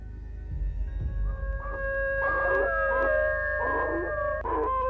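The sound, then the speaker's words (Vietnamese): Two dogs let out long, eerie howls, sustained wavering tones that overlap and hold steady throughout, with a low rumble underneath near the start and no talking. “Chúng nó giống lên một tiếng đến rợn cả người.”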